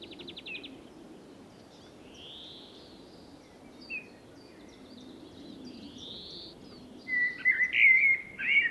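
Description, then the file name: Common blackbird song: several seconds of faint high chirps, then a loud warbled phrase with squeaky high notes near the end. "Turdus merula"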